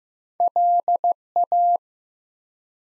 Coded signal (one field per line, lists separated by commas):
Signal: Morse code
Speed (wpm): 15 wpm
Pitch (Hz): 700 Hz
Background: none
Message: LA